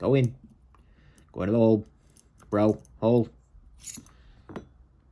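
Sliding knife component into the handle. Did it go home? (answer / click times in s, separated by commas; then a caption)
yes / 4.6 s. A metal component of a Dutch Blade Works Xerxes pocketknife is pushed and slid down into the handle after a struggle, while someone talks and a few faint taps are heard. It finally goes in with a small metallic clink at 4.6 s and pops into place, seated.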